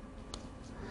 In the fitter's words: that snaps right into the bottom layer